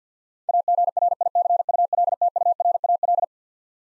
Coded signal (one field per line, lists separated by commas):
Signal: Morse code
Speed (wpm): 46 wpm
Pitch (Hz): 700 Hz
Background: none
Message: AGRICULTURAL